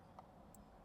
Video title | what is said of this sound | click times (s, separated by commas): Ford Raptor steering Wheel install F250 & F150 ( MY FAVORITE MOD!!!) | click and then squeeze down on this and push this | 0.2 s, 0.6 s